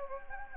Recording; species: mosquito wingbeat signal from an infrared sensor; Anopheles gambiae